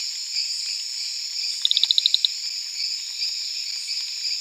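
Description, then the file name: Marbled rain frog giving a fast series of about nine bright, high-pitched chirps, the last ones slightly spaced out, with a continuous insect drone behind. "Eleutherodactylus marmoratus"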